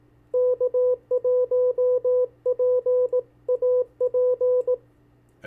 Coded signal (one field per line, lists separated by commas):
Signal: Morse code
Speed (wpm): 18 wpm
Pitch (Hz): 500 Hz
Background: none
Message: K1PAP